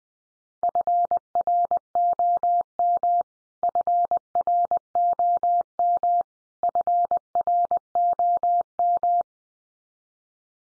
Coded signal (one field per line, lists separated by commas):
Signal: Morse code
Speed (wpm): 20 wpm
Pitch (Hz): 700 Hz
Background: none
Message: FROM FROM FROM